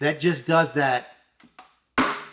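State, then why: Seated. Someone talks, then the plastic nozzle tip on the spray wand of a Ryobi 40V 1200PSI battery-powered pressure washer is pushed back into position against its clip. Two faint taps at 1.4 and 1.6 seconds lead into a loud, sharp click at 2.0 seconds as the tip seats back in place. The clicky sound is normal, happens every single time, and does not mean the part is breaking.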